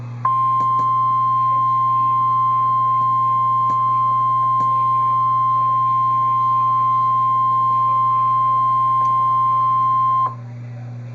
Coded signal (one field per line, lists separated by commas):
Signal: Emergency Alert System (SAME) tones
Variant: 1050 Hz attention tone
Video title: Real NOAA Weather Radio EAS Alert #152